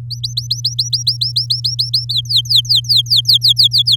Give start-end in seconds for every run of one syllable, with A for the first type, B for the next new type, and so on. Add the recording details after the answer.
0.10-2.05 A, 2.09-3.96 B. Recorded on 8 May 2018 at 15:43. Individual llb16